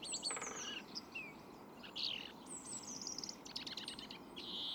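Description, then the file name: European greenfinch calls, a mix of quick chirps and short trills with a nasal buzzy note to close, over steady low hiss. "Chloris chloris"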